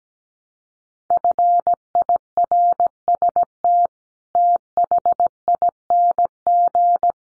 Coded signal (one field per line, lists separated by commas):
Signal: Morse code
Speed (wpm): 17 wpm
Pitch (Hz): 700 Hz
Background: none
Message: FIRST THING